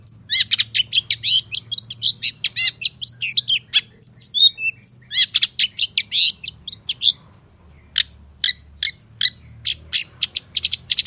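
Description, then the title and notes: Long-tailed shrike in a rapid, varied song of crisp high chirps and a few thin whistles, then after a short pause spaced single clipped notes near the end. Morning recording of singing long-tailed shrike used as a lure; song described as energetic and full of fill phrases with 'toet toet' variations. "Cendet Gacor Dor Di Kala Pagi Toet Toet Variasi Suara. Pancingan Cendet FULL Isian GACOR DOR. Burung cendet"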